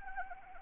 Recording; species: mosquito wingbeat signal from an infrared sensor; Anopheles arabiensis